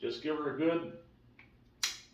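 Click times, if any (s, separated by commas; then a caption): 1.8 s. A ceiling fan blade and cover assembly, with all three pins in their holes in the fan housing, is given a good twist. Someone talks, and then the part clicks sharply into place at 1.8 seconds, seated and locked.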